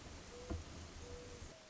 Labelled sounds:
Mourning Dove
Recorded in Sonoma County, California

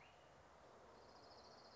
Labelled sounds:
Orange-crowned Warbler
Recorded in Sonoma County, California

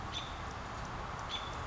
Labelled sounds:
American Robin
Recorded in Sonoma County, California

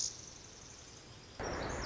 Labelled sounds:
Pacific Wren
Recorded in Sonoma County, California

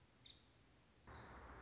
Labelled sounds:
Nuttall's Woodpecker
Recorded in Sonoma County, California

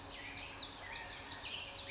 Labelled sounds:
California Towhee
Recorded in Sonoma County, California

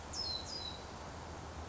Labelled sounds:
California Towhee
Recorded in Sonoma County, California

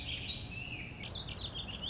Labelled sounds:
Warbling Vireo
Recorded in Sonoma County, California

